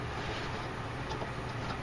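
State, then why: Not seated. A fuel pump wiring connector on the underside of a Mazda 626 is handled near its mounting bracket by the fuel tank, ready to be pushed into the bracket's hole. Only a steady, even background noise is heard, with no sharp hits. Nothing has seated or clicked yet.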